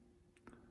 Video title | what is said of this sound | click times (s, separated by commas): MPower Front Suspension Install Mini-Z AWD Upgrade MA-020 | slide her back down, and then put a little pressure. Boom, and you hear it click in. | 0.5 s